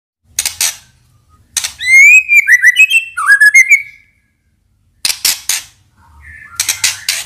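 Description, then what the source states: White-rumped shama giving harsh noisy chack-like calls around a brief burst of rapid whistled, warbling notes. Singing actively (gacor); lure recording meant to make birds respond.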